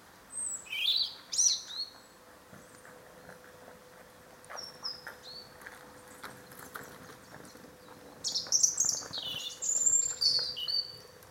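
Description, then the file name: European robin: a high, liquid phrase of sharp thin notes early on, scattered soft notes, then a longer tumbling high warble near the end; a low hum continues throughout. "Erithacus rubecula"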